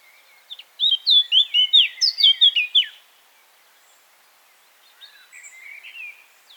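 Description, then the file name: Eurasian blackcap song: a loud two-second burst of rich, whistled and warbled notes, followed after a silence by a faint, softer twittering phrase. "Sylvia atricapilla"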